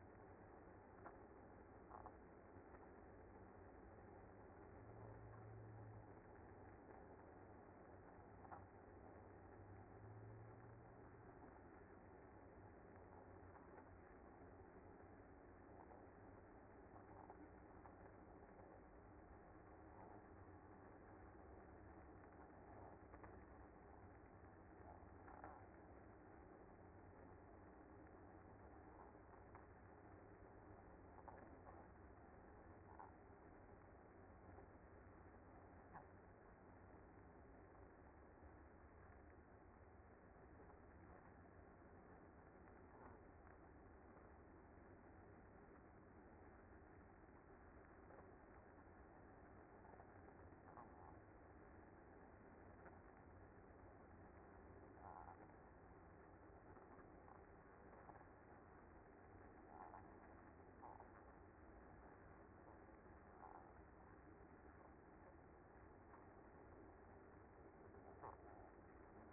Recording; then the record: honeybee colony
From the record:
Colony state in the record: active